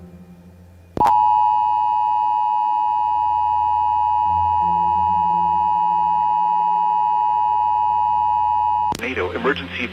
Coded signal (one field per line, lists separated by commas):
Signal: Emergency Alert System (SAME) tones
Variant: 853 and 960 Hz attention tone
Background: speech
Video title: 4 Scariest Emergency Alerts & EAS Alarms (Vol. 1)